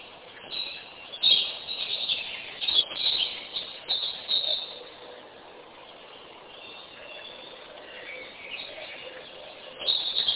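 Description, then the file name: Birds twittering in repeated short bursts, busier early and again at the end, over a continuous dull hiss. "kunstradio voegel"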